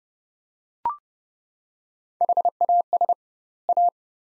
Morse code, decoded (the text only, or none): HAS A